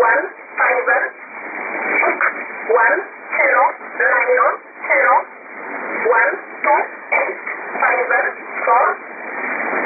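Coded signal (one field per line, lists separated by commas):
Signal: numbers station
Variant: E11 Oblique, English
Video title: 04 01 2018 Numbers station E11 Oblique in English to Eu 0652 on 7840 unknown tx site in USB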